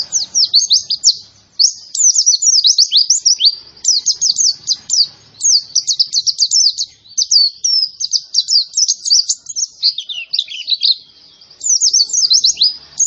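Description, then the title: White-eye song: energetic runs of high, sharp twittering notes, broken by short gaps, continuing steadily throughout. Young bird, described as in full, vigorous song. "Pleci Gacor. Anakan Pleci Iblis"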